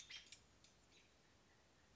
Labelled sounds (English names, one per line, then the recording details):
American Robin
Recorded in Sonoma County, California